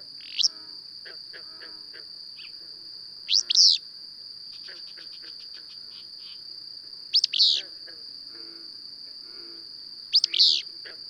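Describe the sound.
Bird chirps: loud slurred calls repeated roughly every three and a half seconds, with soft trills and clicks between them, all over a continuous shrill hum.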